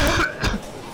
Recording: coughing mixed with background sound